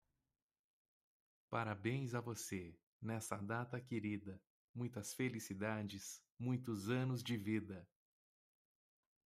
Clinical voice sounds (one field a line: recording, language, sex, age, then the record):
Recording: short text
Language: Brazilian Portuguese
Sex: male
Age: 30 to 39 years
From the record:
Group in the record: control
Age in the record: 38 years